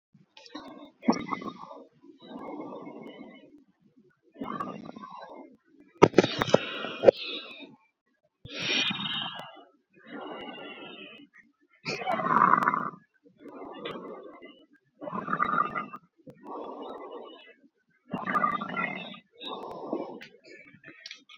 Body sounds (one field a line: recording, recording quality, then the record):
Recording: deep breathing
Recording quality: excellent, no background noise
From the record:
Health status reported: exposed to COVID-19, no respiratory illness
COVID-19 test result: not tested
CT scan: not taken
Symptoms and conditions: none ticked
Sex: male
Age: 32 years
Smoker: no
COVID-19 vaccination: none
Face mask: not worn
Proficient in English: yes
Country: India